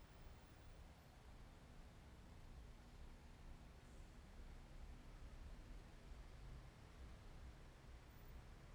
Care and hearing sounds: everyday scene through a hearing-aid microphone; in traffic; traffic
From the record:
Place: main road on the outskirts, rush hour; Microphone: behind the ear, left, front

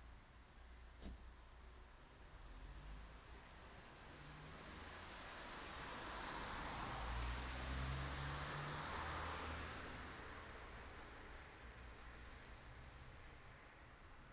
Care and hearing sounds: everyday scene through a hearing-aid microphone; in traffic; traffic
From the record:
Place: city secondary road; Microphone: in the ear canal, right

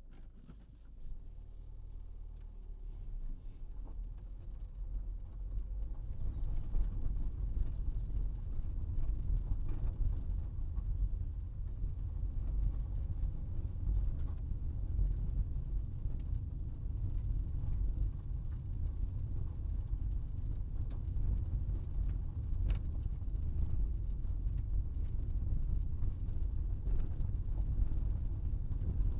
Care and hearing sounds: everyday scene through a hearing-aid microphone; in a vehicle; engine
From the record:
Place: Berlingo II, diesel engine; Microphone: in the ear canal, right

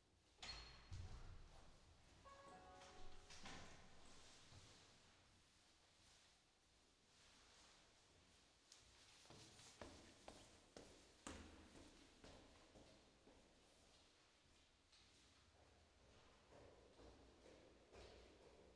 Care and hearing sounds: everyday scene through a hearing-aid microphone; reverberant space; background noise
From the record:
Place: staircase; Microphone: in the ear canal, left

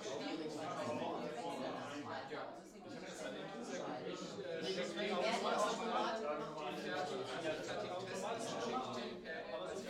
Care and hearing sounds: everyday scene through a hearing-aid microphone; many people talking; many voices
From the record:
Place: bistro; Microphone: in the ear canal, left

